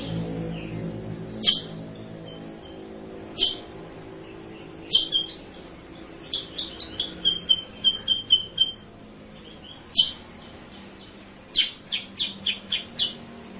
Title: Masteran Kutilang Sutra. suara pancingan kutilang sutra